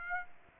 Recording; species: mosquito wingbeat signal from an infrared sensor; Aedes aegypti